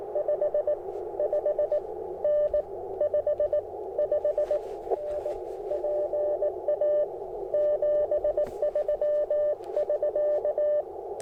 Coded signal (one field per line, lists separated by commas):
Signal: Morse code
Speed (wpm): 20 wpm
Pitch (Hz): 600 Hz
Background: radio noise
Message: 55N 55N PA 73 <SK>